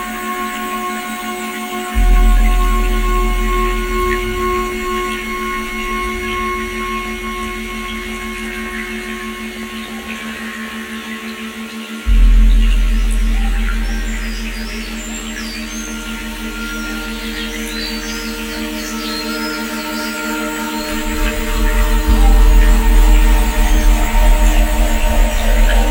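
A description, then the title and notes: Binaural ambient soundtrack of sustained steady tones, with deep low swells rising around 2, 12 and 21 seconds and faint bright chirps above. 6.0hz binaural ambient soundtrack.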